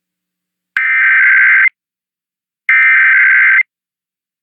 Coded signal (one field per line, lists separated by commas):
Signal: Emergency Alert System (SAME) tones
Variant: header bursts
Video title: San Diego RMT on KOGO 600 (EAS #895) 1/1/25